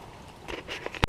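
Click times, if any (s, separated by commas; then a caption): 1.0 s. On a VW Mk5 R32 Golf, the plastic retaining clip above the coolant temperature sensor is pulled out of the coolant housing to free the sensor. A few faint rustling taps come before a sharp, distinct click at 1.0 s as the clip comes out, releasing it.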